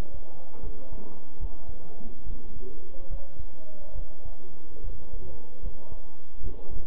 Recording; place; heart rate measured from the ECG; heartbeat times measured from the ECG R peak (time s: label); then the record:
heart sounds by stethoscope; between the tricuspid and mitral areas; 72 bpm
0.63 s: heartbeat
1.40 s: heartbeat
2.26 s: heartbeat
3.10 s: heartbeat
3.95 s: heartbeat
4.83 s: heartbeat
5.62 s: heartbeat
6.43 s: heartbeat
From the record:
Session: bicycle stress test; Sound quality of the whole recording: good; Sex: male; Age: 23 years